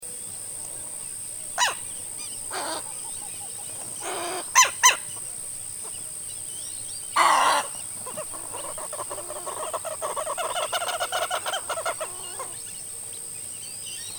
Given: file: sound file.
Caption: Single-note alarm calls and agitated cackling of a V. chilensis pair, presumably close to their nest. Background (partially faint): another Southern Lapwing, Snowy Egret Egretta thula (three loud calls), Bare-faced Ibis Phimosus infuscatus, Black-bellied Whistling Duck Dendrocygna autumnalis, and insects. Recording station PPA001, 26 May 2013, 08:09 h; gradually filtered in the range 0–0.5 and 8.4–9.2 kHz to reduce wind and insect noise respectively.